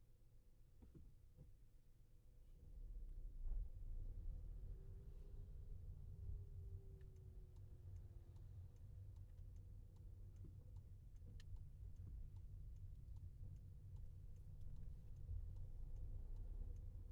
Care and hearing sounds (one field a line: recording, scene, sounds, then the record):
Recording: everyday scene through a hearing-aid microphone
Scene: in a vehicle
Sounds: engine, rumble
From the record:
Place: Skoda Fabia, gasoline engine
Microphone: behind the ear, left, rear